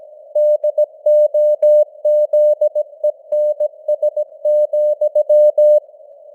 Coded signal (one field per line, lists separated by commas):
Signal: Morse code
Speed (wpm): 17 wpm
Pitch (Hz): 600 Hz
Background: none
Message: DOZENS,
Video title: Morse Code News | 2025-11-08 | 17wpm